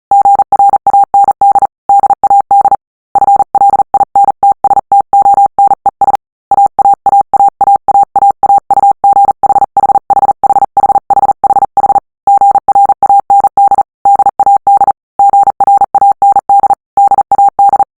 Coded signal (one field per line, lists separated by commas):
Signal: Morse code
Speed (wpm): 38 wpm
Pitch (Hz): 800 Hz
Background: none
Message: GRAND DAD FLINTSTONES AAAAAAAAUGHHHHHHHH GRAND DAD GRAND DAD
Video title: Morse Code - Heartbreak Land